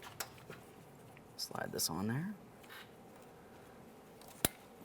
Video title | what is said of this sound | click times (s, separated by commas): How to Replace Front Coil Springs 1999-2006 Chevrolet Silverado 1500 | press it in listen for a click from that | 4.5 s